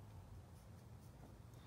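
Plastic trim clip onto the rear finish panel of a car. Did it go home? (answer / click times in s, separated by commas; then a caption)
no / none. A plastic mounting clip is handled against the edge of a piece of the rear finish panel on an NA Miata, with its nub facing the inside. Only a low, steady rumble with faint scratchy handling noise is heard, and no distinct snap. Nothing has seated or clicked yet.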